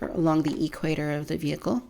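Someone talks while the plastic top half of a Mattel Jurassic World Fallen Kingdom toy gyrosphere vehicle is handled, its notches being lined up along the equator to press it onto the bottom half. Nothing has snapped or seated yet.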